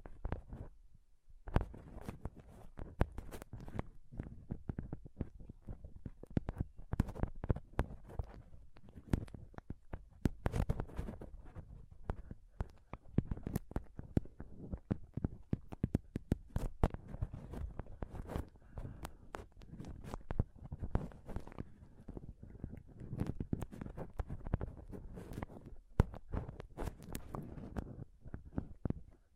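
Intense scratching and touching on a microphone, with dense, rapid clicks and scrapes packed throughout the whole clip. The sounds are mostly low and thumpy with sharp bright ticks mixed in, rising and falling irregularly, with a brief lull near the start.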